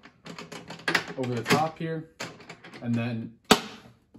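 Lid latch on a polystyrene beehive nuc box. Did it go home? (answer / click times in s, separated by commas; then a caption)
yes / 3.5 s. A plastic over-centre latch is swung over the top of a polystyrene beehive nuc box lid and pressed down to lock the lid to the box body, so the two parts won't separate. Someone talks throughout, with a few soft taps early on, then a sharp snap at 3.5 s as the latch locks shut and seats.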